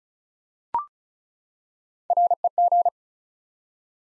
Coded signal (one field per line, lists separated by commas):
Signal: Morse code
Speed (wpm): 36 wpm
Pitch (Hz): 700 Hz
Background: none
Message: REG